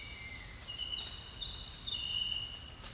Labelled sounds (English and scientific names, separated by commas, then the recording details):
Citron-bellied Attila (Attila citriniventris)
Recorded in secondary vegetation near Puerto Asís, Putumayo, Colombia, on 18 February 2024 at 07:00
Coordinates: 0.481, -76.323
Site G6376